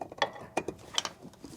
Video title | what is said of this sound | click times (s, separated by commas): 2014-2020 Jeep Cherokee Headlight & Fog Light Installation | and you'll hear it click in | 0.2 s, 1.0 s